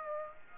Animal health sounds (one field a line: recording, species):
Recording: mosquito wingbeat signal from an infrared sensor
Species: Aedes aegypti